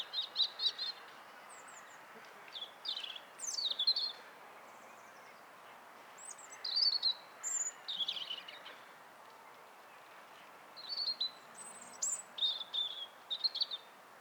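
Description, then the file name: European robin song of high, sweet, warbling phrases mixing thin whistles and fast trills, several bursts spaced by pauses. "Erithacus rubecula"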